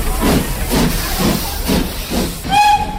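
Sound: steam locomotive hissing steam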